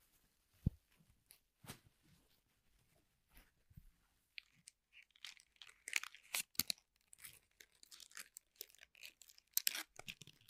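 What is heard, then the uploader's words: Household objects being handled, with sharp clicks and knocks and a dry tearing, crinkling rustle. Isolated thumps come early, around the first and second seconds, then from about four seconds the crackling grows denser and brighter, with loud snaps near six and ten seconds. 13 different triggers with simple things but big sounds that I find around the house.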